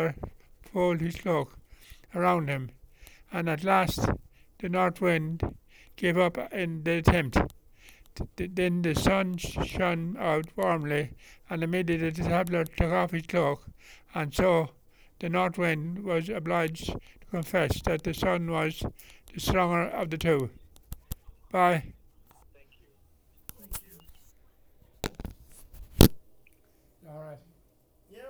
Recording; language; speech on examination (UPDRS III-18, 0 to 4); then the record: text read into a phone; English; 1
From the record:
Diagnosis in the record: Parkinson's disease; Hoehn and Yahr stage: 3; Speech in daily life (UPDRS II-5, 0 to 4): 1